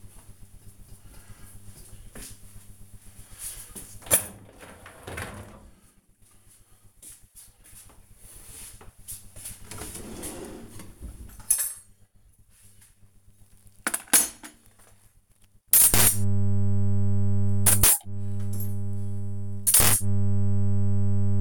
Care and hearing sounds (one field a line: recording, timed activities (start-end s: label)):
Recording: household activities, microphone on the right wrist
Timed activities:
0.00-21.41 s: cleaning out the dishwasher